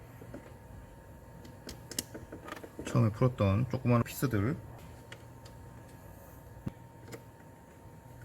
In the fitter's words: 이렇게 딸깍 소리 나게 끼워주시면 되고,